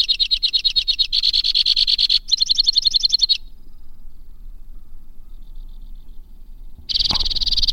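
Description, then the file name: White-winged crossbill song: a chain of three trills at differing speeds, a quiet stretch, then a new fast trill begins with a short low thud. "suara kicauan burung white winged crossbill. omkicau"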